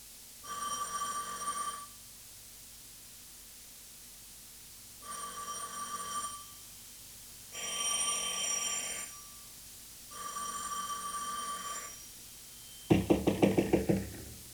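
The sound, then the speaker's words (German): A doorbell rings insistently in four long, steady bursts of roughly two seconds each, separated by short pauses, followed by a flurry of loud, rapid knocks on a door, made by an inspector of the water police. “Ist das eine Art, so irre zu klingeln?”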